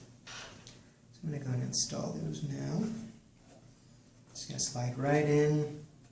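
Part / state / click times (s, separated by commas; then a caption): RAM stick into motherboard slot / not seated / none. A DDR3 RAM stick is being handled for installation into a motherboard memory slot, where it will slide in and be pushed down until the retaining clips catch. Someone talks throughout, with a couple of faint brief taps near 0.7 and 4.3 seconds. Nothing has seated or clicked yet.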